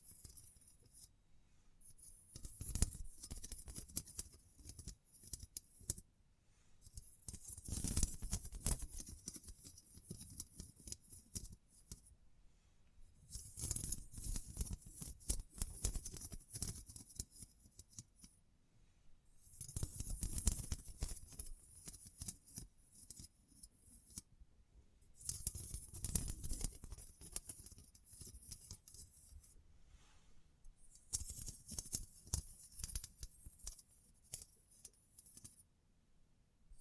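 Bursts of tapping, scratching and brushing with crinkly, hissy textures, swelling roughly every six seconds between quieter pauses, dense and irregular throughout.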